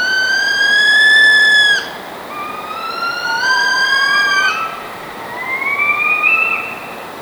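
Northern saw-whet owl whines: long, steady whistled tones, the first level and siren-like, later ones sliding upward, over soft background hiss.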